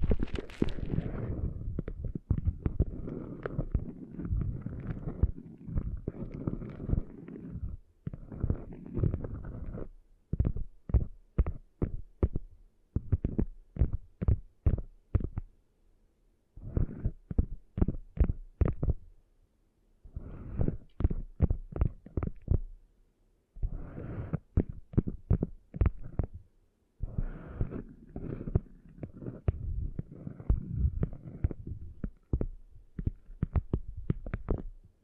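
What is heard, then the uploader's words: Close, muffled rubbing and scraping inside an ear, with deep rumbling and crackle for the first ten seconds. Then come bursts of sharp, rapid clicks and pops separated by brief silences, before the dense rustling scrape returns near the end. ASMR Cleaning Sand Out of Your Ears (No Talking).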